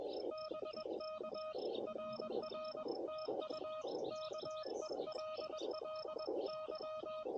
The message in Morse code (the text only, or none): BK RR TU KELLY